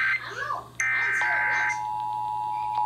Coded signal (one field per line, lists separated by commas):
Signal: Emergency Alert System (SAME) tones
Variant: header bursts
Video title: DC Monthly May 2022, North Anna Q2 2022 RMT, and a perfectly timed hint of Sterling(EAS 2,619-2,659)